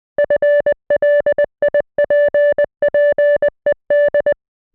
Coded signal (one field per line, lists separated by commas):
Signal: Morse code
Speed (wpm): 20 wpm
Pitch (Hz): 580 Hz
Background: none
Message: FLIPPED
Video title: [500 Subscriber Special] I Translated a Whole Zoophobia Page Into Morse Code